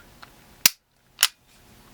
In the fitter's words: There it is, snapped right into place.